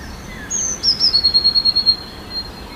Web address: wroblowe teka spiew. modraszkoteka